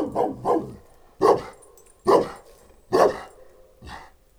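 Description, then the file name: St. Bernard and Moscow Watchdog mix: dog barking repeatedly, a pair of quick barks followed by four single barks spaced under a second apart, the first three louder. St. Bernard and Moscow Watchdog mix dog in a farmyard at a tourist lodge in Eger. "bernathegyimoszkvaiorkutyakeverek egerturistahaz"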